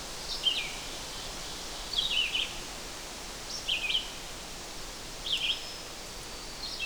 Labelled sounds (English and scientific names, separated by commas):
Red-eyed Vireo (Vireo olivaceus) song